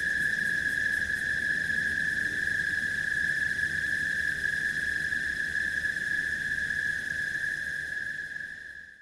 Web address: Sony Pictures Sound Effects Series Volumes 1-10 Volume 8 Backgrounds Swamp Crickets